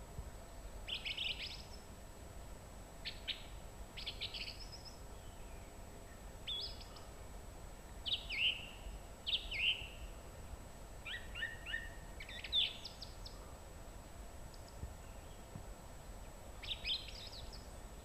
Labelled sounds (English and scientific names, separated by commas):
Song Thrush (Turdus philomelos) song